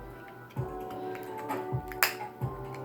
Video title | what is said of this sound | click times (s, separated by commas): Open & Review: Re-Ment Pokèmon World 2 Sacred Fountain | ah there you go you can hear that satisfying snap and | 2.0 s